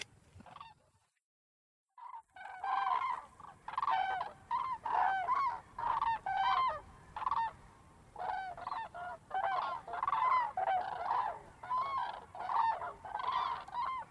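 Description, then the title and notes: Cranes trumpeting in flight, a dense chorus of loud rolling bugled calls overlapping almost continuously after a brief silent pause near the start. Cranes flying over Polder Glies, Bremerhaven, Germany, with a photographer's camera shutter clicks audible. "Grues en vol - Polder Glies - Bremerhaven, Germany"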